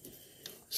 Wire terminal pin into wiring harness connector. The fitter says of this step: slide it back in Click You Hear The Click yep there's the click okay